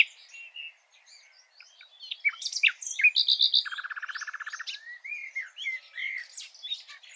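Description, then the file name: Common nightingale song of varied chirps and whistles with a fast, lower rattling trill in the middle and more twittering afterwards. "Luscinia megarhynchos"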